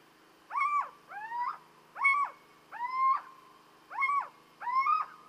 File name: Chouette cheveche